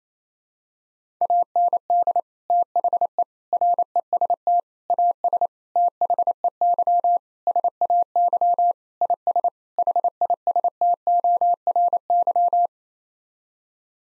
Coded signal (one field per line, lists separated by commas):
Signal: Morse code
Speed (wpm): 28 wpm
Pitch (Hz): 700 Hz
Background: none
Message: AND THE REST AS THEY SAY IS HISTORY